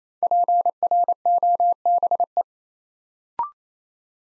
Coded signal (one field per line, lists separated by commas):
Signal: Morse code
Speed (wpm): 27 wpm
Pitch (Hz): 700 Hz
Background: none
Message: PROBE